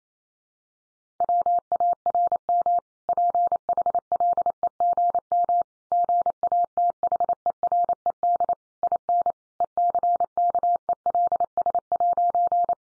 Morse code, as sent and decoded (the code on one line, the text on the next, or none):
.-- .- .-. -- / .--. .... .-.. . --. -- / --. .- - .... . .-. . -.. / .. -. / . -.-. -.- . .-.. ... .----.
WARM PHLEGM GATHERED IN ECKELS'